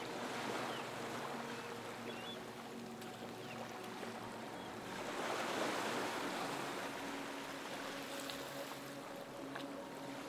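Waves wash in a steady rushing hiss, swelling around five to seven seconds, with a low hum and faint sustained tones underneath.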